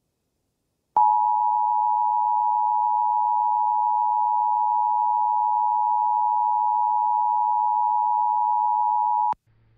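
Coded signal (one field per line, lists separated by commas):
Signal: Emergency Alert System (SAME) tones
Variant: 853 and 960 Hz attention tone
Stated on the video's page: Simulated mock alert tones, not a real event.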